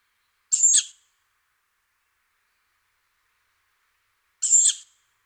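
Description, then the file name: Tawny owl producing two harsh, sibilant calls about four seconds apart, otherwise silent. "hulotte"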